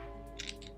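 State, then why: Seated. A 3D-printed plastic lid is pressed over a Raspberry Pi camera housing, and its clips snap into place with sharp clicks at 0.4 s, 0.5 s and 0.7 s over a steady background of tonal music. The lid clips on and is seated.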